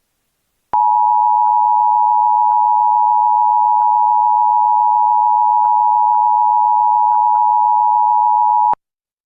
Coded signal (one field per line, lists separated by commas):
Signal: Emergency Alert System (SAME) tones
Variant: 853 and 960 Hz attention tone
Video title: EAS/noaa radio texas san Antonio ￼child abduction/amber alert.